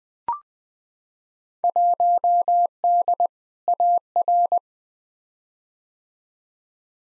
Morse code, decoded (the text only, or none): 1D AR